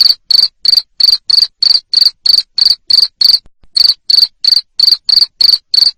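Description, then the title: Cricket giving loud, high chirps at a fast even pace, roughly three per second, broken by a single short gap. Loud cricket chirping, played to stimulate lovebirds to sing continuously. "Suara JANGKRIK NGERIK Keras Bikin LOVEBIRD Jadi NGEKEK Terus"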